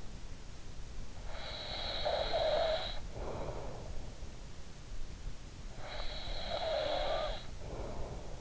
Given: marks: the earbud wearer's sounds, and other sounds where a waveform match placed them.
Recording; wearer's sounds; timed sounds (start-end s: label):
sounds in sleep by an in-ear microphone; snoring breath
1.27-4.01 s: snoring breath
5.94-8.41 s: snoring breath